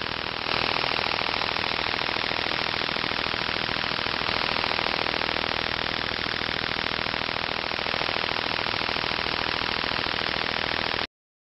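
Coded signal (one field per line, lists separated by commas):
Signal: radar signal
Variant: over-the-horizon radar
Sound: steady harsh rapid buzzing pulse train with sweeping undertones, like an idling engine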